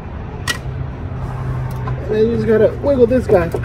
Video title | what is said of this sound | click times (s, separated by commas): 2007-10 honda civic radiator replacement | center of it on the bottom and kind of pull down till it clicks. | 0.5 s